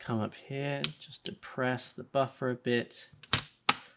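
Someone talks while pressing in the buffer of an airsoft rifle, then closes the upper receiver onto the lower receiver. A short knock at about 3.3 seconds is followed by a loud snap at 3.7 seconds as the upper receiver seats on the lower, and it closes nicely.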